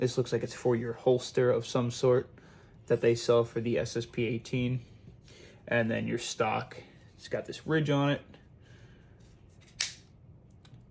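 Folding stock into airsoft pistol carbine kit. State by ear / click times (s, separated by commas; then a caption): seated / 9.8 s. Someone talks while fitting the ridged folding stock of an SSP18 airsoft pistol carbine kit onto the kit. At 9.8 s the stock locks into place with a sharp snap, followed by a few faint ticks in the quiet after.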